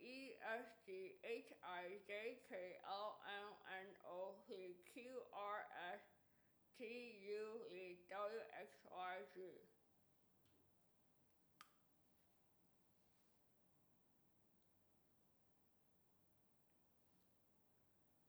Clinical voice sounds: letters of the alphabet, spoken; constrained by a bite bar between the teeth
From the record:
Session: first day, right after the free take

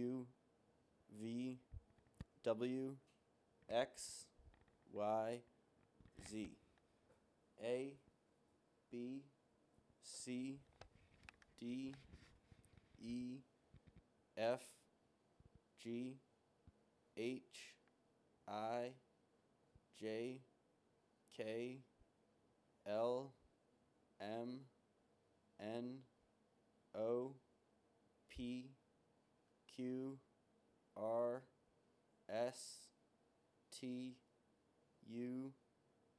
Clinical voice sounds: letters of the alphabet, spoken; free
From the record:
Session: seven days later

